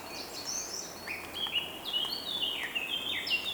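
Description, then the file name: Birds singing: several overlapping thin, high whistles and slurred notes, some falling, others rising, scattered irregularly over steady background hiss. Morning bird song. "Deep Sleep Sleep Sound Library Body HI - Morning Bird Song"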